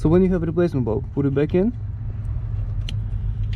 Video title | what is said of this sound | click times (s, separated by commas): How To Change Replace Headlight bulbs in Mazda CX5 CX-5 | till it clicks and slide | 2.9 s